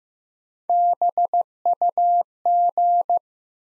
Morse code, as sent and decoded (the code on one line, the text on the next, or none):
-... ..- --.
BUG